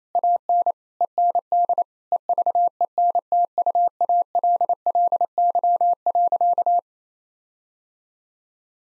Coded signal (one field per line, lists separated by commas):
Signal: Morse code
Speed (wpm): 28 wpm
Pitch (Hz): 700 Hz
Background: none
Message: AN END EVENTUALLY.